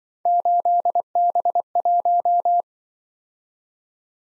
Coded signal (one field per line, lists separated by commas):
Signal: Morse code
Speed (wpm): 24 wpm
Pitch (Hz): 700 Hz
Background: none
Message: 8B1